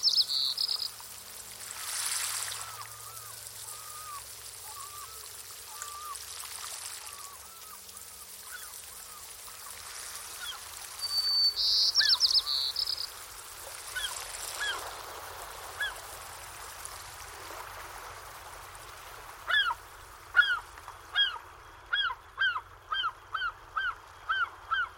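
Birds call over a soft, steady hiss of wild sound. Short bright calls break in near the start and again around twelve seconds, with lower chattering notes early on. From about twenty seconds, one bird repeats a sharp honking call in a quick, regular series.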